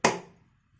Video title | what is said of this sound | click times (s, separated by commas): SEC 47L Topbox Install Honda XR150L | hard enough and you'll hear a click | 0.1 s